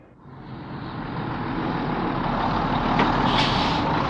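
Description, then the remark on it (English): A big red English bus's engine swells from a low start into a loud, steady rumble, with a sharp hiss of air brakes bursting out near the end. No voices. “This is a bus. Is it a small French bus? No, it's not. It's a big English bus.”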